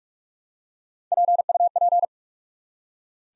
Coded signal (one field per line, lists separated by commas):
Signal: Morse code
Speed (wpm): 44 wpm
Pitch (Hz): 700 Hz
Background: none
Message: PUP